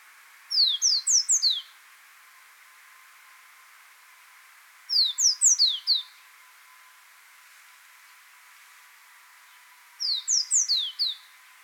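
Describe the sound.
Yemen serin song: short bursts of five or six high, descending thin notes, each burst about a second long, repeated roughly every five seconds over faint steady hiss.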